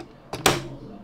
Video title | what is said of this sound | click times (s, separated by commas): The Best Upgrade for Bambu Lab AMS 2 Pro - this upgrade will save your AMS! | To do that, just slide this part of the cutter upward until you hear it clicks. | 0.5 s